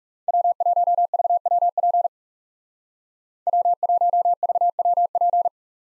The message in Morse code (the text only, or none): W1VWP W1VWP